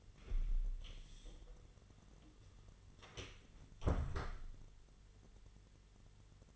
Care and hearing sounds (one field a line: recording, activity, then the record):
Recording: daily activity, microphone in the room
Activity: close door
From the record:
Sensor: 4